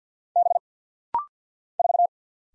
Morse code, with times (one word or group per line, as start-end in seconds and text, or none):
0.4-0.6 B
1.8-2.1 4